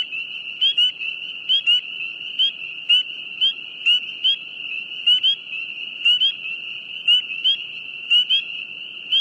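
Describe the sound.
Frog call: an unbroken high-pitched trill, punctuated by repeated quick chirping notes, with faint low background noise beneath.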